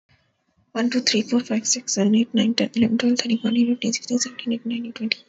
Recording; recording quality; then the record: counting at a fast pace; excellent, no background noise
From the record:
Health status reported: healthy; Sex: female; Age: 26 years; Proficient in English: yes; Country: India